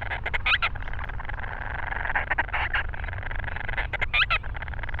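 Grant's storm petrel chattering calls, bursts of harsh rapid notes with squeaky squeals mixed in, over a steady low rumble and constant background churring.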